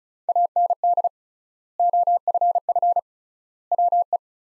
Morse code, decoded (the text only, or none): AND OFF WE